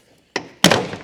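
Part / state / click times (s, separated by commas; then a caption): plastic scuttle panel clip in the car body below the windscreen / released / 0.4 s, 0.6 s. A plastic scuttle panel clip in the car body below the windscreen is unclipped at the base of the windscreen. Two sharp pops are heard at 0.4 s and 0.7 s as the clip releases, the second louder, with a short rattle after it. The scuttle panel clips pop free and the panel is released.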